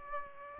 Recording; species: mosquito wingbeat signal from an infrared sensor; Aedes aegypti